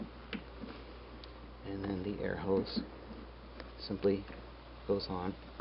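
On an Infinity Iyashi massage chair, the second color-coded armrest wire connector, the black one, is pushed firmly onto its mating black connector and clicks in at 0.3 s, fully seated. Someone talks afterward.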